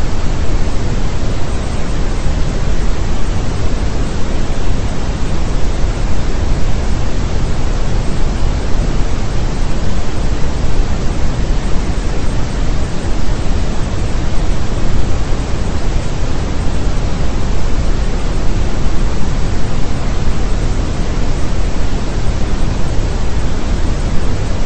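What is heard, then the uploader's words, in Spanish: Brown noise runs steadily for the whole stretch, a dense, even rush with no breaks or events. It sits deep and rumbling, heaviest in the low end and thinning toward the top, with nothing above a dull upper hiss. The level never changes. Ruido Marrón.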